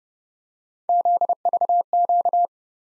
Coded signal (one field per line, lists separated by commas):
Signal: Morse code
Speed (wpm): 29 wpm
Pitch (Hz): 700 Hz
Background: none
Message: ZVQ